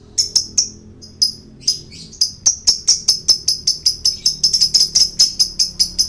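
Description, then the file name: Lovebird giving sharp high chirps, sparse at first and then quickening into a fast, steady run of repeated notes. Male lovebird, described as 'gacor'. "suara lovebird jantan gacor"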